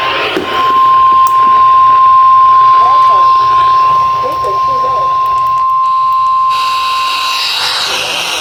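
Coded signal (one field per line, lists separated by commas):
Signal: Emergency Alert System (SAME) tones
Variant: 1050 Hz attention tone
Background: speech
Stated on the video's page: Flash flood warning relayed on NOAA weather radio stations WXL58 and WNG706 and multiple FM stations.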